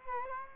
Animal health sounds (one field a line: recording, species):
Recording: mosquito wingbeat signal from an infrared sensor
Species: Culex quinquefasciatus